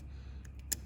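The red plastic locking tab on a headlight or turn-signal wiring connector, during an XPCTD LED headlight install on a Jeep Wrangler JK, is pushed back into place. Two faint ticks at 0.5 s and 0.6 s lead into one sharp, bright click at 0.7 s over a steady low hum. The tab clicks shut and the connector is locked.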